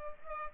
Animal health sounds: mosquito wingbeat signal from an infrared sensor; Culex pipiens

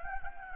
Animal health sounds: mosquito wingbeat signal from an infrared sensor; Anopheles gambiae

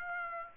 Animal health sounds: mosquito wingbeat signal from an infrared sensor; Aedes aegypti

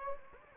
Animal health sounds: mosquito wingbeat signal from an infrared sensor; Anopheles gambiae

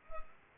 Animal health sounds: mosquito wingbeat signal from an infrared sensor; Culex pipiens

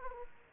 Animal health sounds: mosquito wingbeat signal from an infrared sensor; Aedes aegypti

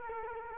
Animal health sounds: mosquito wingbeat signal from an infrared sensor; Culex quinquefasciatus

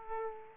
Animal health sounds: mosquito wingbeat signal from an infrared sensor; Aedes aegypti

